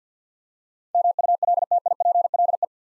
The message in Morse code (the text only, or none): MULTIPLE